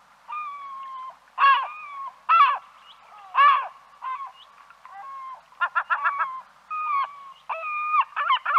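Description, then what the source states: Bird calls: loud harsh grating notes spaced about a second apart, mixed with drawn-out nasal calls and quick stuttering runs. Recorded in Arizona.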